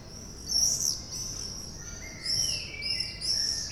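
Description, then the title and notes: Common swifts giving loud, piercing buzzy screams in several bursts, with thin lower whistled notes during the later screams. Bonn old town, July 2006. "bonn altstadt, mauersegler - mauersegler im juli 2006. Mauersegler, Bonn, Juli 2006. by maik johannsen"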